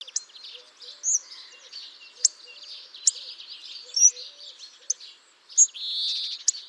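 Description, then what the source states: Hawfinch giving clipped, spark-like tick calls at uneven intervals, with steady high chattering from other birds and a buzzy rasp near the end. Wintering birds visiting house feeders since early winter, recorded in late winter before leaving winter quarters; calls likened to little sparks.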